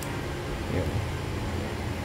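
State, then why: Not seated. An accessory adapter, apparently the mic adapter, is handled and pushed onto an Insta360 Ace Pro action camera against a steady broadband hiss and low hum, with faint handling bumps around 0.8 and 1.0 seconds. Someone talks briefly. Nothing has seated or clicked yet; the clip ends just before the adapter goes home.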